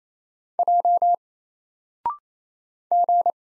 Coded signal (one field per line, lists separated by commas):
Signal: Morse code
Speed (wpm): 28 wpm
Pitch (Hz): 700 Hz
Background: none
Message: J G